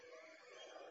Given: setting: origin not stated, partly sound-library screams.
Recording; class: one-second piece from a danger detection set; woman in danger